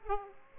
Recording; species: mosquito wingbeat signal from an infrared sensor; Aedes aegypti